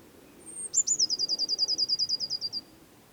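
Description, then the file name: Eurasian blue tit singing one phrase: a high drawn-out note sliding into a quick trill of many bright, slightly falling notes. "Cyanistes caeruleus"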